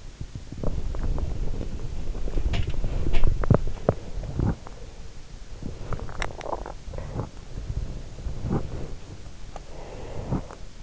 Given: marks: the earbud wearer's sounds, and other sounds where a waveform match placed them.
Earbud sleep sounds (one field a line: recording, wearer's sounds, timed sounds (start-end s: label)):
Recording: sounds in sleep by an in-ear microphone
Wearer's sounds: body movement, teeth grinding, breath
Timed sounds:
0.00-10.82 s: body movement
2.36-3.34 s: sound from someone else or the room
3.34-4.05 s: teeth grinding
5.66-6.68 s: teeth grinding
7.75-10.61 s: breath